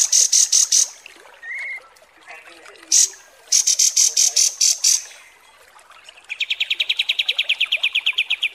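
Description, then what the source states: Kapas tembak song: several high buzzy rattle bursts with a short whistled note between, then a lower rapid even trill of repeated notes. Masteran training recording of kapas tembak song.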